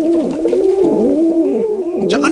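Rock Pigeon cooing: a low, soft, wavering coo that rises and falls continuously.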